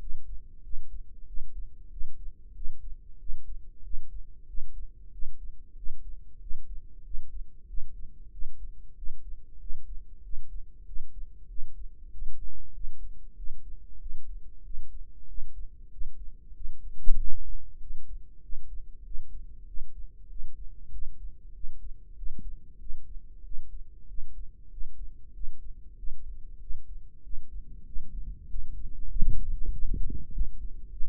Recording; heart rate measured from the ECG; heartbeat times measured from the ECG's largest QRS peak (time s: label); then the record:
heart sounds by microphone in the right ear; 95 bpm
0.01 s: heartbeat
0.65 s: heartbeat
1.28 s: heartbeat
1.92 s: heartbeat
2.56 s: heartbeat
3.21 s: heartbeat
3.85 s: heartbeat
4.49 s: heartbeat
5.13 s: heartbeat
5.78 s: heartbeat
6.42 s: heartbeat
7.05 s: heartbeat
7.69 s: heartbeat
8.33 s: heartbeat
8.97 s: heartbeat
9.61 s: heartbeat
10.24 s: heartbeat
10.87 s: heartbeat
11.50 s: heartbeat
12.13 s: heartbeat
12.75 s: heartbeat
13.38 s: heartbeat
14.01 s: heartbeat
14.65 s: heartbeat
15.29 s: heartbeat
15.92 s: heartbeat
16.56 s: heartbeat
17.19 s: heartbeat
17.81 s: heartbeat
18.44 s: heartbeat
19.06 s: heartbeat
19.68 s: heartbeat
20.30 s: heartbeat
20.93 s: heartbeat
21.55 s: heartbeat
22.17 s: heartbeat
22.81 s: heartbeat
23.45 s: heartbeat
24.09 s: heartbeat
24.72 s: heartbeat
25.35 s: heartbeat
25.98 s: heartbeat
26.61 s: heartbeat
27.24 s: heartbeat
27.87 s: heartbeat
28.49 s: heartbeat
29.11 s: heartbeat
29.73 s: heartbeat
30.33 s: heartbeat
30.92 s: heartbeat
From the record:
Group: healthy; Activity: rest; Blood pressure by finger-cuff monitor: 131/75 mmHg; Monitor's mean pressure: 92 mmHg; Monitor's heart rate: 95 bpm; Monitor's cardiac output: 7.8 L/min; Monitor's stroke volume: 82 mL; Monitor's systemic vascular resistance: 870 dyn s/cm5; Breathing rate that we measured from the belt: 20 breaths a minute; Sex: male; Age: 21 years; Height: 175 cm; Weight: 72.6 kg